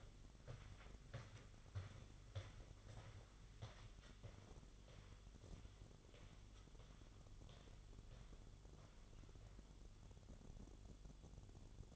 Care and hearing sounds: daily activity, microphone in the room; walk to room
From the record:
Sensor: 4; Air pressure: 1009.0 hPa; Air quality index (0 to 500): 137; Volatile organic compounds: 2 ppm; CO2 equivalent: 994 ppm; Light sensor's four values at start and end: 12/27/11/10 and 14/33/13/12

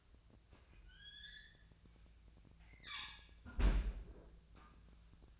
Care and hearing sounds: daily activity, microphone in the room; close fridge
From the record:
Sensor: 2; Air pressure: 1009.5 hPa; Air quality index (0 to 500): 186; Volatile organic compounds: 11 ppm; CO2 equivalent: 2310 ppm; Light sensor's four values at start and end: 25/60/26/28 and 24/60/26/28

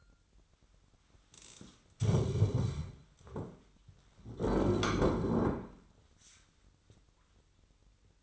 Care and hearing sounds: daily activity, microphone in the room; stand up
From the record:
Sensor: 3

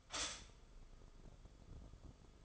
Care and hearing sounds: daily activity, microphone in the room; stop toaster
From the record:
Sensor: 5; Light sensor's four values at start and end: 31/103/39/41 and 31/103/39/41

